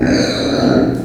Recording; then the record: squeal of a Yucatan mini pig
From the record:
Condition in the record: before surgery on the right vocal fold (resection and tissue-engineered implant); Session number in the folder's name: 3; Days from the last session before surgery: 0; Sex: female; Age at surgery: 19 weeks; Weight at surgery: 25 kg